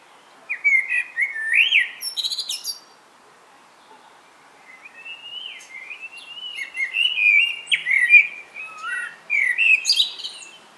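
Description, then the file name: Common blackbird singing two full phrases, each of low mellow whistled notes running into sharp, squeaky high twitters, separated by a short pause. "Turdus merula"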